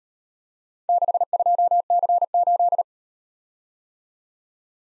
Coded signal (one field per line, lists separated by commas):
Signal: Morse code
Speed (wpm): 37 wpm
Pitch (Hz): 700 Hz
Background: none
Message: 62C8